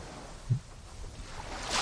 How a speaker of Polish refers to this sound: Tak, miejska plaża w Gdyni, tak. I dlatego tak słyszysz pięknie morze. Słychać, chociaż trochę zagadałem. Czy morze mogłoby może głośniej? No to proszę.